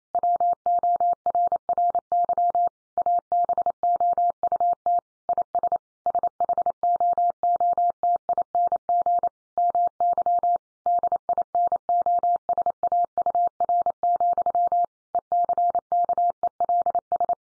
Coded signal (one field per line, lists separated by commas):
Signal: Morse code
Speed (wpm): 28 wpm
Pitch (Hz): 700 Hz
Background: none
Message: WORRY ABOUT IS SHOOTING MY DINOSAUR, ECKELS